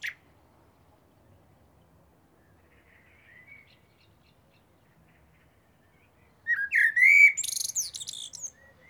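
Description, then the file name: Common blackbird song: after a long quiet stretch, one phrase begins with low fluty whistles and ends in a high, scratchy twitter. "Turdus merula"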